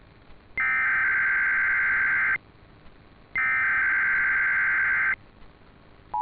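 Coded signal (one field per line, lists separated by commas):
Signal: Emergency Alert System (SAME) tones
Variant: header bursts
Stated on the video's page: Required Monthly Test received by local monitors, an FM radio station and a weather radio station.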